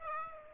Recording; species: mosquito wingbeat signal from an infrared sensor; Aedes aegypti